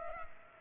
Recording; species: mosquito wingbeat signal from an infrared sensor; Culex pipiens